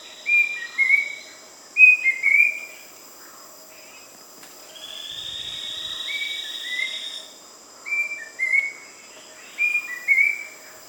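Rusty-breasted cuckoo calling in short whistled phrases of two or three descending notes, repeated several times, with a steady high insect hum and a buzzy band midway.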